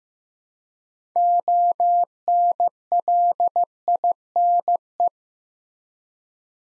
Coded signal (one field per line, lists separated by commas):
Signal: Morse code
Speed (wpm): 15 wpm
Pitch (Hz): 700 Hz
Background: none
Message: ONLINE